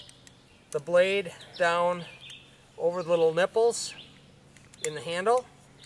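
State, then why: Not seated. The blade of a folding backpacking saw is being put down over the small pins in the handle while someone talks, with a few faint brief ticks between the words. The blade has not snapped onto the handle pins yet, so nothing has seated or clicked.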